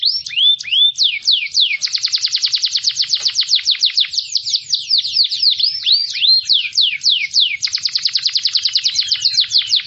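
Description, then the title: Canary song of rapid high notes, alternating between dense rattling trills and slower downward-sweeping whistles, continuing without pause. "Kenari"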